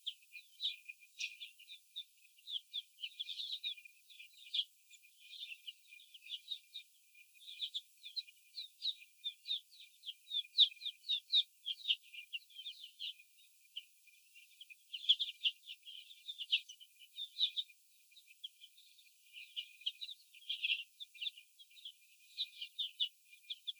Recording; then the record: young laying hens in a cage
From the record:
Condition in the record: before the stressor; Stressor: sudden umbrella opening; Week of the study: 2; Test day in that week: 1